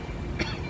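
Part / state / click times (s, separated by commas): side case latch on motorcycle side rack / seated / 0.4 s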